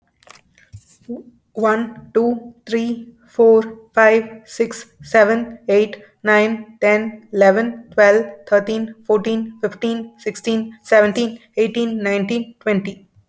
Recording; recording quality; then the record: counting at a normal pace; excellent, no background noise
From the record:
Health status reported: healthy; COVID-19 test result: not tested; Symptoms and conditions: cough, diabetes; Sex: female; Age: 38 years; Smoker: not ticked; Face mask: not worn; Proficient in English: yes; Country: India